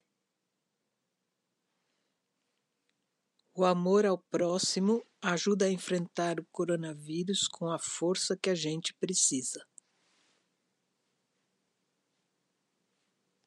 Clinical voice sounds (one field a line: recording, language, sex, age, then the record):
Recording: spoken sentence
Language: Brazilian Portuguese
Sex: female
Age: 60 to 69 years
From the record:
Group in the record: control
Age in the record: 61 years